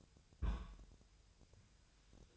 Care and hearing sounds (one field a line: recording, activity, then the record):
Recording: daily activity, microphone in the room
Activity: place on stove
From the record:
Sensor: 2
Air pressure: 999.3 hPa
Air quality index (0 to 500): 195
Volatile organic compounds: 27 ppm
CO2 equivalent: 2881 ppm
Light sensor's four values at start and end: 6/15/6/6 and 6/15/6/6